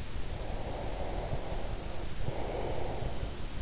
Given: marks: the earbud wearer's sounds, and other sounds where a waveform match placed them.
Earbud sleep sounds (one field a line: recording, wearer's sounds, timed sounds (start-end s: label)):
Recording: sounds in sleep by an in-ear microphone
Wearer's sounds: breath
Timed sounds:
0.38-3.46 s: breath